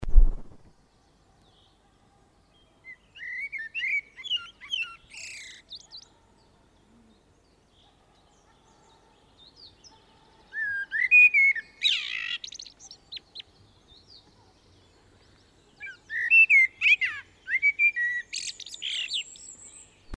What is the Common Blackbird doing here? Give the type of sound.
song